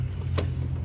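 On a Nissan 350Z with a misfire, the disconnected plastic electrical connector is plugged back onto the ignition coil of cylinder 5, the coil that was not working because it was unplugged. Over a steady low hum, two short sharp clicks come at 0.2 s and 0.4 s as the connector latches. The connector is now properly seated.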